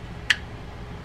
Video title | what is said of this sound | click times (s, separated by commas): Avet SX 5 3 1 MC lever drag fishing reel how to take apart and service | get that nice click take | 0.3 s